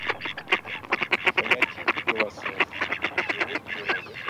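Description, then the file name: Mallard quacking, with many short quacks tumbling over each other in a steady, busy stream. From a decoy caller recording. "Кряква"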